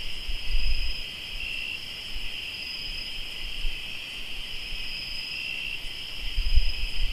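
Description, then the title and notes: Cricket: continuous chirping in two high bands, steady throughout, with bursts of low rumble at start and end. Crickets in Tlayacapan, Morelos. "Sonidos de grillos en Tlayacapan - Morelos"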